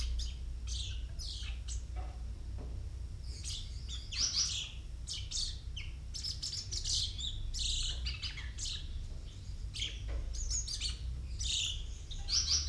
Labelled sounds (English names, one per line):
Common Chaffinch